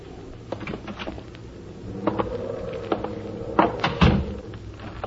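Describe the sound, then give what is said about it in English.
The partially open front door of a house is pushed open with a series of low creaks and soft wooden knocks, building to a couple of louder thumps near the end, with no voices. “I walked up to the front door and found it partially open.”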